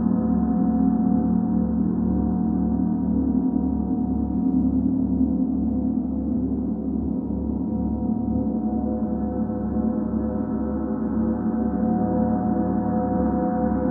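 A gong hums in a long, sustained wash, its many tones layered and holding steady for the whole stretch. A deep low throb pulses slowly underneath, while the upper ring stays mellow and darkish. The level stays even, with no new strikes standing out.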